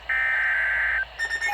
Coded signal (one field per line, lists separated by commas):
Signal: Emergency Alert System (SAME) tones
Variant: header bursts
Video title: EAS Severe Thunderstorm Warning on NOAA Radios (8/7/2022) EAS #169￼